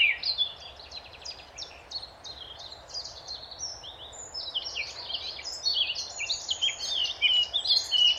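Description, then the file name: Eurasian blackcap with a fast, scratchy high warble of varied notes that runs on and grows louder toward the end, with constant hiss behind. "Sylvia atricapilla"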